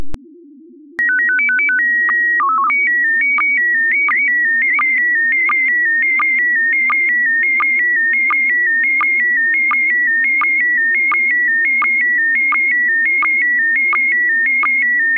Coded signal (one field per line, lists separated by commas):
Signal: SSTV (slow-scan television)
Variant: PD 90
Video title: Daily Minutes, 6 April 2019. (Including today's Slow Scan Radio!!)